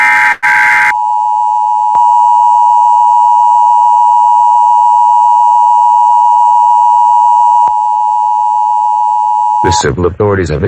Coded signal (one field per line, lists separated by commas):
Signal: Emergency Alert System (SAME) tones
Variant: 853 and 960 Hz attention tone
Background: speech